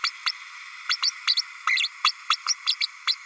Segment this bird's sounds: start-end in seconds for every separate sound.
0.03-0.10, 0.26-0.31, 0.89-0.96, 1.02-1.10, 1.27-1.35, 1.67-1.88, 2.04-2.12, 2.29-2.36, 2.47-2.55, 2.67-2.74, 2.80-2.87, 3.07-3.15